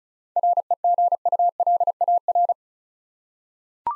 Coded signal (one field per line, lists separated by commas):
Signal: Morse code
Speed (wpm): 36 wpm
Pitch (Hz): 700 Hz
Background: none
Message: REGULAR